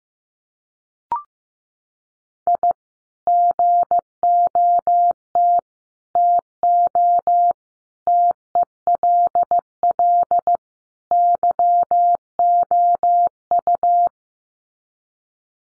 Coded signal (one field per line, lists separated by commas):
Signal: Morse code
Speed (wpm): 15 wpm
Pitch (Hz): 700 Hz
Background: none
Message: I GOT TO TELL YOU